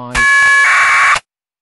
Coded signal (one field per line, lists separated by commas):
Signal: packet radio (AX.25, as in APRS)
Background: speech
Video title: SDRuno with SDRplay RSP2 - APRS Decoding with SoundModem and UI-View32